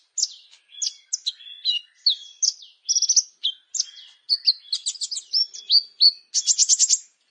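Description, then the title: Plain prinia giving a hurried, jumbled song of high chips and squeaky slurs, ending with a strident buzzy rattle. "Ciblek Sawah"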